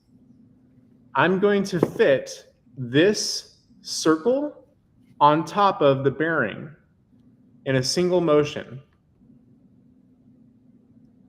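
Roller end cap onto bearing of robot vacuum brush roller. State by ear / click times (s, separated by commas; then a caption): not seated / none. Someone talks while preparing to fit a circular end cap over the bearing of a Tailos robot vacuum's brush roller in a single motion, with quiet background hum between phrases. The clip ends before the part goes home, so nothing has seated or clicked yet.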